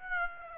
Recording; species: mosquito wingbeat signal from an infrared sensor; Aedes aegypti